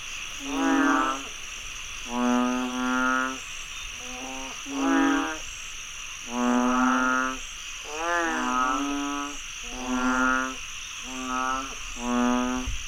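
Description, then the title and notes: Frogs calling with rich, nasal croaks in irregular bursts, against a continuous high drone. Frogs croaking after heavy rainfall in Chiang Mai, Thailand. "Frogs croaking after heavy rainfall in Chiang Mai, Thailand. Alex Boyesen"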